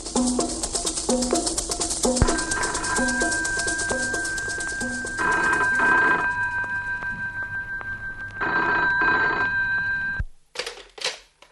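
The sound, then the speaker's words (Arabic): A telephone rings in repeated bursts, a bright, steady electronic tone pulsing over a busy buzzing bell texture, fairly loud, then cutting off abruptly near the end followed by brief clicks. “الو التليفون كويس؟”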